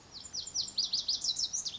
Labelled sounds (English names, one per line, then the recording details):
Lazuli Bunting
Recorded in Sonoma County, California